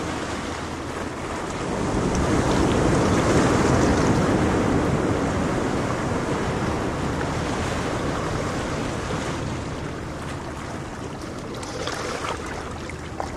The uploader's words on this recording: Crashing Tide. Ocean waves sounds, constant crashing waves sleep sounds.